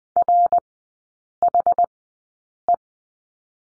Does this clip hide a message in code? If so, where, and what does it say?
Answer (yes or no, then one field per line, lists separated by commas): yes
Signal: Morse code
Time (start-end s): 0.2-2.8 s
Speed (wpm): 20 wpm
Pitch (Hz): 700 Hz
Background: none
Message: RHE